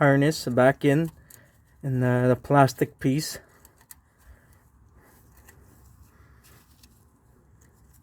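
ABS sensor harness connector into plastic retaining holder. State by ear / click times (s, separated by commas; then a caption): not seated / none. On a 2010 Toyota Corolla 1.8 being converted from rear drum to rear disc brakes, the ABS sensor connector harness is being pushed back into its plastic retaining piece at the rear hub area. Someone talks for the first few seconds, then faint, brief handling taps follow near 3.7, 3.9, 5.5 and 6.8 seconds over low background noise. Nothing has seated or clicked yet.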